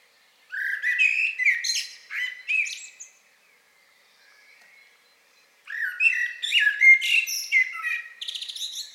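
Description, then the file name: Common blackbird delivering two mellow, flute-like warbled phrases, each ending in high scratchy twittering, separated by a short pause. "Turdus merula"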